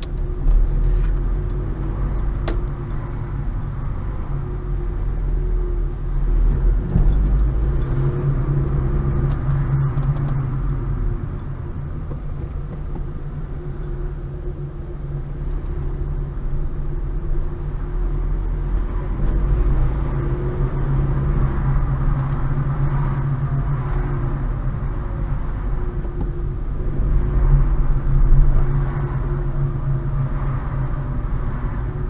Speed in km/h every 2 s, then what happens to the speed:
16, 18, 16, 20, 25, 16, 12, 12, 14, 22, 24, 27, 18, 20, 22, 20.
0-5 steady at about 16. 5-8 speeds up to 25. 8-12 slows to 12. 15-21 speeds up to 27. 21-24 slows to 18. 24-32 steady at about 20.